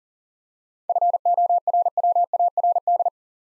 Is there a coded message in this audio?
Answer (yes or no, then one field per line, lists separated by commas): yes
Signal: Morse code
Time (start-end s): 0.9-3.1 s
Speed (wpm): 39 wpm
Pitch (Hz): 700 Hz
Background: none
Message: FORWARD